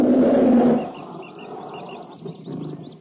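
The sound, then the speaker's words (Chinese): A bear gives a loud, low, rumbling roar lasting under a second, then it stops and a series of quick, high bird chirps repeats over a soft background. “让人家一说马大山是下麻了爪，让熊瞎子舒舒服服的给舔了”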